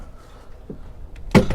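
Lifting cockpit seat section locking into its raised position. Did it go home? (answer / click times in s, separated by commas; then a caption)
yes / 1.3 s. A section of a yacht's cockpit seating is lifted up until it locks into its raised position to form a bar. After quiet low background noise and a couple of faint ticks, a sharp, loud latching clunk lands at 1.4 s, followed by a softer knock at about 1.5 s. The seat section locks into place.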